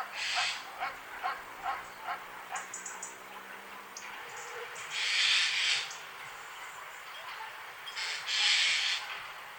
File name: Gaai Garrulus glandarius